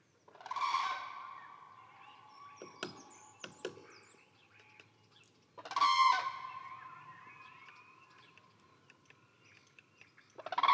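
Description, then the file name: Common Crane flight calls, two loud trumpeting bursts about five seconds apart, each trailing off, with a third starting at the end. "ccrane grus. whbruch"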